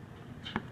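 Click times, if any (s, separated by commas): 0.6 s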